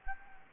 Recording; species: mosquito wingbeat signal from an infrared sensor; Anopheles gambiae